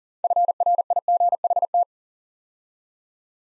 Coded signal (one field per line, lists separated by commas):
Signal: Morse code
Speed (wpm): 39 wpm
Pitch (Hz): 700 Hz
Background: none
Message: FRIGHT